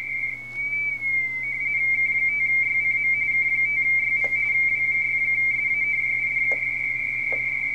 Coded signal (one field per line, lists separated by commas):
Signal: RTTY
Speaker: That's a lot of digital signals in there. Look at that.